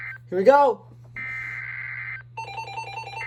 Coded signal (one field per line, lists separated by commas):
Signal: Emergency Alert System (SAME) tones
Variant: header bursts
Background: speech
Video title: EAS 902: PBZ FLW